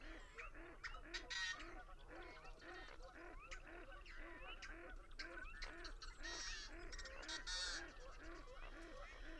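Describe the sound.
Bird flock chorus: rapid, regularly repeated low honk-like notes under bursts of harsh, buzzy higher calls, several louder around one and six seconds.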